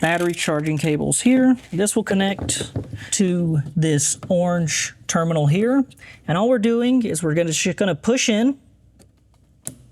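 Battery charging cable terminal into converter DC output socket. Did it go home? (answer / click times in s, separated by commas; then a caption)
yes / 9.7 s. Someone talks while the positive battery charging cable's terminal is pushed into the orange DC output terminal socket on an EG4 Chargeverter Plus converter. After the talking stops, a few faint taps are followed by one loud, sharp click at 9.7 s as the terminal seats securely.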